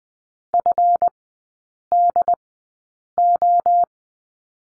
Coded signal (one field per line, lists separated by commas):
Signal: Morse code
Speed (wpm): 20 wpm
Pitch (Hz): 700 Hz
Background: none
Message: FDO